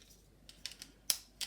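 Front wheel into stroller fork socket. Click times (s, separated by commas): 1.1 s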